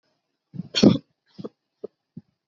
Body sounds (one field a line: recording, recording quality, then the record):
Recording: shallow voluntary cough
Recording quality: moderate, slight background noise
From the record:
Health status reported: healthy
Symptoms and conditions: cough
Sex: female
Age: 32 years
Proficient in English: yes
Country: India